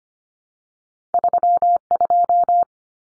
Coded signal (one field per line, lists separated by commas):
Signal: Morse code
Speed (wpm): 25 wpm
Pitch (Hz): 700 Hz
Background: none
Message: 32